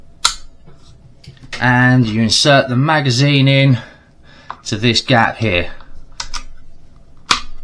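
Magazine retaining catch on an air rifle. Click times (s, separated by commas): 0.2 s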